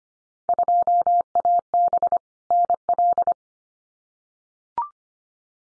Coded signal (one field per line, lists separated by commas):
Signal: Morse code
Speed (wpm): 25 wpm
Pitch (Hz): 700 Hz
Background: none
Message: 2AB NL